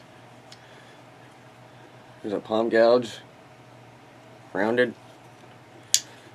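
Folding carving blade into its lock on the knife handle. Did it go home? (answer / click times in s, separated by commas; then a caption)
yes / 5.9 s. A folding carving blade on a Flexcut multi-blade carving jack is swung open and locks into its lock on the knife handle with a sharp metallic click at 5.9 s, confirming it seated. Someone talks before the click over a low steady hum.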